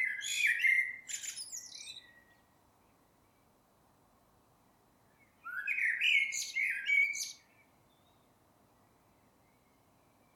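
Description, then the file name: Common blackbird singing two phrases about five seconds apart, each a mellow low warble ending in a scratchy high-pitched twitter. "Turdus merula"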